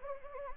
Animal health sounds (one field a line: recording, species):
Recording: mosquito wingbeat signal from an infrared sensor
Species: Anopheles gambiae